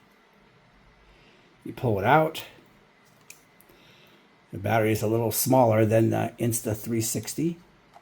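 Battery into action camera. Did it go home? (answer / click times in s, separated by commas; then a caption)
no / none. Someone talks while handling the battery of an Insta360 Ace Pro action camera, with a couple of faint ticks around 3.3 s and 3.6 s between the speech. The battery is being handled before it is pushed into the camera's battery compartment, and nothing has seated or clicked into place yet.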